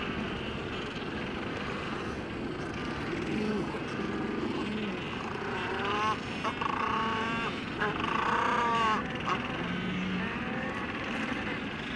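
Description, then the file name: Black-browed albatross courtship calls, wavering nasal cries repeated in the middle, amid a steady hubbub of many calling birds. Courtship display (parade) of black-browed albatrosses. "Albatros sourcils noirs - parade"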